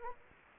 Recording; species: mosquito wingbeat signal from an infrared sensor; Anopheles gambiae